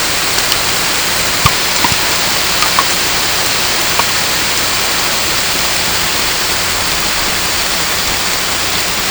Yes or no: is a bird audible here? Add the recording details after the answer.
no. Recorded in pastures near Puerto Asís, Putumayo, Colombia, on 18 December 2024 at 23:00. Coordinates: 0.505, -76.324. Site G063